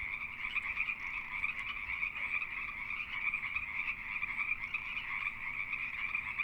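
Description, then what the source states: Pacific treefrogs in full chorus, a continuous rattling mass of short creaky calls from many frogs at once, unbroken from start to finish. Several Pacific treefrogs calling during mating season.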